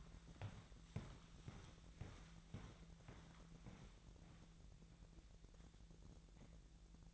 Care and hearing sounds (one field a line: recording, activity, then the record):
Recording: daily activity, microphone in the room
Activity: walk to room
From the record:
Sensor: 3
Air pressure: 1012.2 hPa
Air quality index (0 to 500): 138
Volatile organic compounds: 2 ppm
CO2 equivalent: 1056 ppm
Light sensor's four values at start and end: 111/267/108/96 and 116/276/113/99